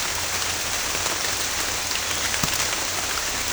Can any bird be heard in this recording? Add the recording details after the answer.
no. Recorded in secondary vegetation near Puerto Asís, Putumayo, Colombia, on 21 December 2024 at 11:00. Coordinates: 0.498, -76.327. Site GP07